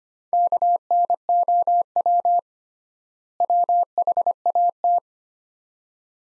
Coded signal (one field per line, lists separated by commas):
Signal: Morse code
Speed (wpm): 25 wpm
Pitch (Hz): 700 Hz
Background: none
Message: KNOW WHAT